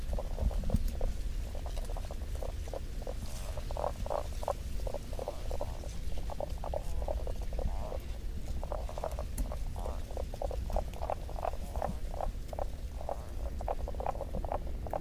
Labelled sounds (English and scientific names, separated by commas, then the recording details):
Common Spadefoot (Pelobates fuscus) call
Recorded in the wild
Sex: male
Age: adult
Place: Hobrechtsfelder Rieselfelder, Naturpark Barnim, Berlin, DE
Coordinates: 52.667, 13.473
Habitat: lake
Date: 2012-04-25 21:10
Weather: air 10 °C, water 10 °C, sunny, weak winds
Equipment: Sound Devices 702, Sennheiser MKH 415 T, Rhode Windschutz
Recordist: Frommolt, Karl-Heinz